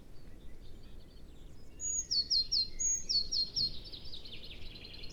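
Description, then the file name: Eurasian blue tit giving two phrases, each a high whistle and a few quick descending notes, fairly faint against broad background noise. "Cyanistes caeruleus"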